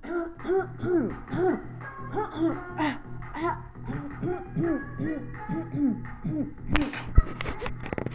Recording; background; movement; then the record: throat clearing; music; sitting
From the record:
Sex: female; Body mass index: 21.8 kg/m2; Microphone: on the chest, facing the body